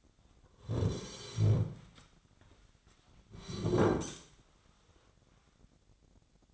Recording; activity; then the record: daily activity, microphone in the room; sit down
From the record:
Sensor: 3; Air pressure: 1009.2 hPa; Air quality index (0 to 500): 181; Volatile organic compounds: 3 ppm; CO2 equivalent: 1464 ppm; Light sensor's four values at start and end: 36/86/39/43 and 45/114/51/52